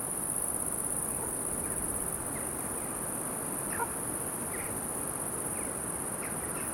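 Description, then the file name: Cricket chirping as a steady, high, shimmering trill throughout, with a few faint swift calls and a low wind rumble beneath. "Silencyo CC Crickets Swifts Wind"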